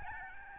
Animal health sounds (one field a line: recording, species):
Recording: mosquito wingbeat signal from an infrared sensor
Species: Aedes albopictus